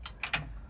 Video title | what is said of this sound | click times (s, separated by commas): Laser - Cleaning Lens - Epilog Fusion l CM | when you put it up there, you'll feel it kind of click into place | 0.2 s